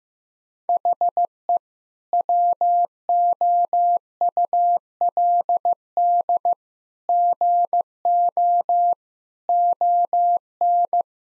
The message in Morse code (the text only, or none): HE WOULD GO ON